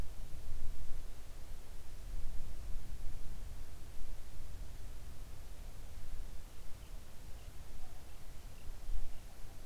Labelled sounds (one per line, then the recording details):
songbird
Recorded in the Arctic National Wildlife Refuge, Alaska, on 3 August 2019 at 06:11
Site 41